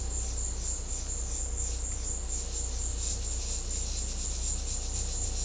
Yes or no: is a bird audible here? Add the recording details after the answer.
no. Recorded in secondary vegetation near Puerto Asís, Putumayo, Colombia, on 16 December 2024 at 16:30. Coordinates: 0.500, -76.326. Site G065